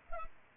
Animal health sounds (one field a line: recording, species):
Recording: mosquito wingbeat signal from an infrared sensor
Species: Culex pipiens